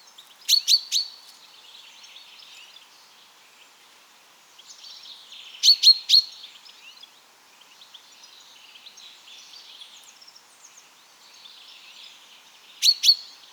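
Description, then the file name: Common chaffinch calls: short bursts of a few sharp metallic chinks, repeated every several seconds, over steady high background noise. "Fringilla coelebs"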